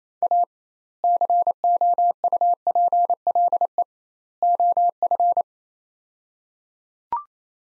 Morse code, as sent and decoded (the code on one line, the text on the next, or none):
.- / -.-. --- ..- .--. .-.. . / --- ..-.
A COUPLE OF